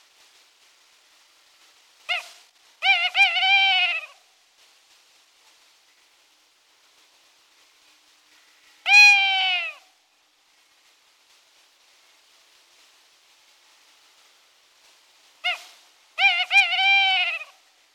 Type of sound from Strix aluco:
song